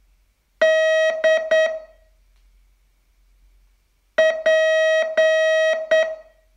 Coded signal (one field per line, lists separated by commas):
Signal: Morse code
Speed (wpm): 9 wpm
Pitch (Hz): 640 Hz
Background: none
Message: D P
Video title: Learn Morse in 42 Days from VU2LAU - day 28